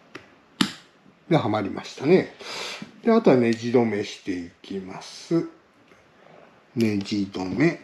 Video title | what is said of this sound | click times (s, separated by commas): 【番外編】屋根裏部屋でMingYang W300L開封 めっちゃ雑に脱脂＆グリスアップ | これを合わせて、えっと、カチッとはまった。 | 0.6 s